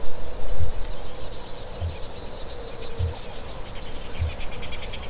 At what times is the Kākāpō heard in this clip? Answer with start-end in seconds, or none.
0.33-4.60